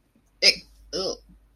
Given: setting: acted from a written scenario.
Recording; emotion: vocal sound without words; disgust